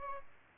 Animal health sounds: mosquito wingbeat signal from an infrared sensor; Aedes albopictus

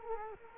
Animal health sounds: mosquito wingbeat signal from an infrared sensor; Culex quinquefasciatus

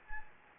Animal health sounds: mosquito wingbeat signal from an infrared sensor; Anopheles gambiae

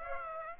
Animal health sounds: mosquito wingbeat signal from an infrared sensor; Aedes aegypti

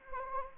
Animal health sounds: mosquito wingbeat signal from an infrared sensor; Anopheles arabiensis

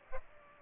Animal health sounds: mosquito wingbeat signal from an infrared sensor; Aedes aegypti

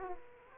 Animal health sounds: mosquito wingbeat signal from an infrared sensor; Aedes aegypti

